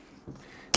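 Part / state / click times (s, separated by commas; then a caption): camera strap anchor into strap quick-release clip / seated / 0.8 s. A small plastic-and-cord anchor for a Peak Design Leash camera strap is slotted into the strap's quick-release clip and tugged until it latches. A faint low rustle around 0.3 s is followed by a sharp, loud click at 0.8 s. The anchor is seated securely in the clip.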